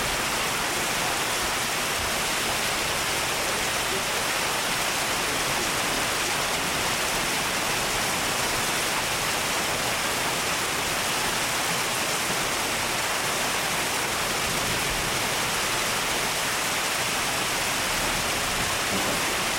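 Rain pours down in a dense, steady hiss that holds unchanged for the full twenty seconds. The sound is bright and full, heaviest in the upper range, with a faint grainy rumble underneath but no distinct thunderclaps.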